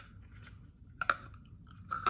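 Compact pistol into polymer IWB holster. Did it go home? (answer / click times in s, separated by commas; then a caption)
yes / 1.0 s, 1.1 s. A Sig P365 compact pistol is pushed into a Tulster polymer IWB holster, making a soft scraping and then a sharp double click at 1.0 and 1.1 seconds. The pistol seats with a retention click, and later small clicks and a rising sound follow near the end.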